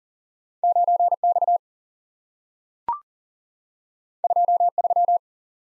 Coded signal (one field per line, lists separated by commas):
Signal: Morse code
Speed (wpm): 40 wpm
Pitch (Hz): 700 Hz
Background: none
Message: 9 X 2 3